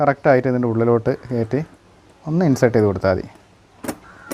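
A plastic J-hook mount is handled at the adhesive base mount on a motorcycle helmet, ready to be pushed in so it locks. Someone talks throughout, with short sharp transients near 3.9 s and 4.4 s, but nothing has seated or clicked yet.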